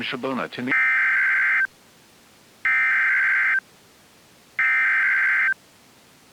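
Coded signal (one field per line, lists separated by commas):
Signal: Emergency Alert System (SAME) tones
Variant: header bursts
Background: speech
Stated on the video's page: Recorded off a NOAA Weather Radio station during a severe weather event.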